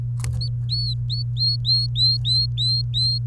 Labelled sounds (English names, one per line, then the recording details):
Domestic Canary song
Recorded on 29 April 2018 at 11:28
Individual llb3